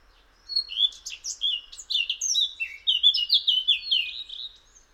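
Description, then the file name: Eurasian blackcap song: a rich, fast warble of varied whistled and slurred notes lasting about four seconds. "Sylvia atricapilla"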